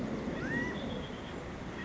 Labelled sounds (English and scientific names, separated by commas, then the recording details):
California Quail (Callipepla californica)
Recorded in Sonoma County, California